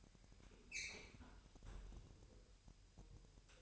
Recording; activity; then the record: daily activity, microphone in the room; close fridge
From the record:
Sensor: 2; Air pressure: 1001.8 hPa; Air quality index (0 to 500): 245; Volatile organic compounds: 34 ppm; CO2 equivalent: 3047 ppm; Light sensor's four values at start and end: 8/28/11/10 and 8/28/11/10